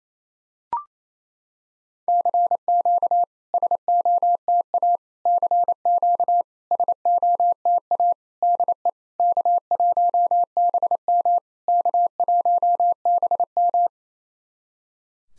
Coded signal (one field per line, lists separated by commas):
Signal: Morse code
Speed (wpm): 28 wpm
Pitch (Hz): 700 Hz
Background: none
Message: CQ SOTA CQ SOTA DE K1BM K1BM